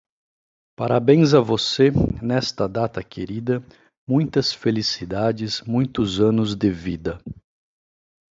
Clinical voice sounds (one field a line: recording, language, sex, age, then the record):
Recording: short text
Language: Brazilian Portuguese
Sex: male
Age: 40 to 49 years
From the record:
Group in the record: control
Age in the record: 43 years